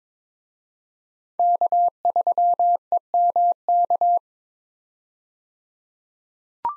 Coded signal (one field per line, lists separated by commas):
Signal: Morse code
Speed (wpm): 22 wpm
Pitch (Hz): 700 Hz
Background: none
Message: K3EMK